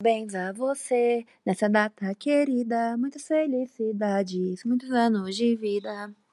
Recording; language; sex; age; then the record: short text; Brazilian Portuguese; female; 20 to 29 years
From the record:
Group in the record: control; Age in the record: 22 years